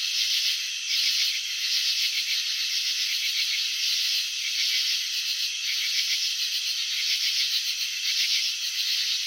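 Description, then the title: Cricket chirping in pulsed bursts above a continuous high trilling, with no other sounds. Crickets chirping, presented in a slow-motion video showing wing vibrations and antenna movements. "Crickets in Slow Motion 📷. Capturing the Elegance of Chirping"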